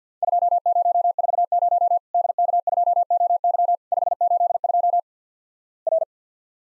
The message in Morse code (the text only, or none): 2040 DK2OY 582 R